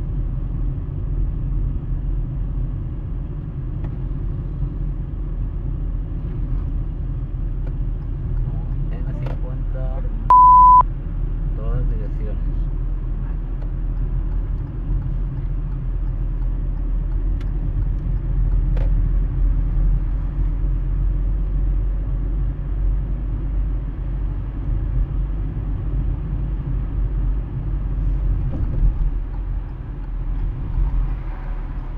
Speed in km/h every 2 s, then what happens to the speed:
31, 31, 30, 29, 28, 28, 30, 30, 30, 31, 33, 34, 34, 34, 33, 27.
0-26 steady at about 30. 26-32 slows to 27.